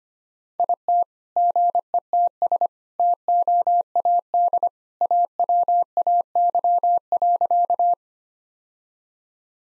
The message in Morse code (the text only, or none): IT GETS TOAD AWAY.